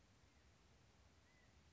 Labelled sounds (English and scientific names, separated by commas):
California Quail (Callipepla californica)